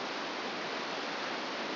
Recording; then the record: brain microelectrode recording played as sound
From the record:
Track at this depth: outside the subthalamic nucleus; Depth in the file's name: -0.951 mm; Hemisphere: left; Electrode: 2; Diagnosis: Parkinson's disease